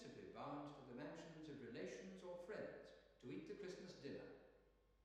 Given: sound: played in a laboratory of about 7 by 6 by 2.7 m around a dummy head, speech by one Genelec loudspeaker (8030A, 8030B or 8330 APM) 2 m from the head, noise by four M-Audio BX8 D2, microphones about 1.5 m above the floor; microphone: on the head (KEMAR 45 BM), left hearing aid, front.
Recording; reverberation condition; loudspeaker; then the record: male speech in English; high; in front (0 degrees)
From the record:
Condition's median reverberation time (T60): about 1300 ms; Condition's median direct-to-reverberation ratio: about -4.0 dB